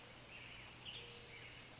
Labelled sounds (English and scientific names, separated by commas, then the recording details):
Western Tanager (Piranga ludoviciana)
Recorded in Sonoma County, California